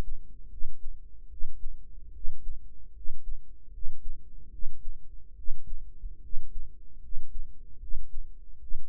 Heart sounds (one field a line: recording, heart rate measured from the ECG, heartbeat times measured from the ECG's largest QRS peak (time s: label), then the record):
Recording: heart sounds by microphone in the right ear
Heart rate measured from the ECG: 74 bpm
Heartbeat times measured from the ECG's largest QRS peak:
0.48 s: heartbeat
1.28 s: heartbeat
2.11 s: heartbeat
2.92 s: heartbeat
3.70 s: heartbeat
4.49 s: heartbeat
5.34 s: heartbeat
6.20 s: heartbeat
7.00 s: heartbeat
7.78 s: heartbeat
8.58 s: heartbeat
From the record:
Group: healthy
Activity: rest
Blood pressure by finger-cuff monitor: 98/72 mmHg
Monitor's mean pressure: 81 mmHg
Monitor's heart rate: 75 bpm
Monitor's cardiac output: 5.3 L/min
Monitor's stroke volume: 71 mL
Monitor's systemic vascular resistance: 1110 dyn s/cm5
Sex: male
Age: 21 years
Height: 170 cm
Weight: 71 kg